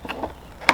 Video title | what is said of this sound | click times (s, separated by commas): Hoover Powerdash Pet Compact Carpet Cleaner FH50700 REVIEW/UNBOXING! | that will click in like that and go right there okay | 0.7 s